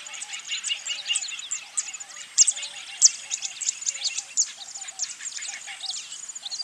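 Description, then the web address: Bird song chorus of many high, squeaky chirps and whistles, with soft low notes recurring underneath. Birds singing in a bird park. "zvuk peniya ptits v parke ptits eschyo park ptits"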